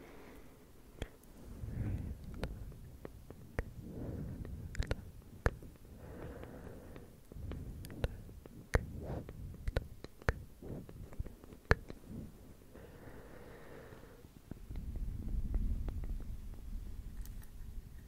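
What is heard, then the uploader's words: Slow, gentle wood tapping, sharp taps every half second or so, with soft low rustling and muffled handling sounds between them. ASMR slow & gentle Wood Tapping - breathy close up Whispering, no Scratching.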